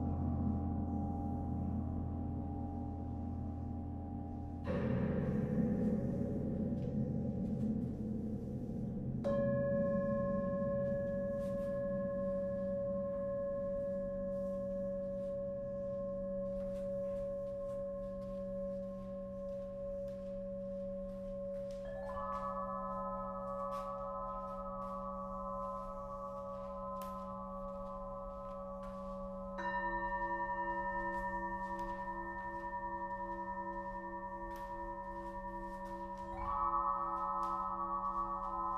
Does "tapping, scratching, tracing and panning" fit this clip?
no